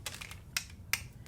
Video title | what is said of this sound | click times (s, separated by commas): Sizzix Overview Video | It has a stamp attachment as well as a stencil attachment. This just clicks right in | 0.6 s, 0.9 s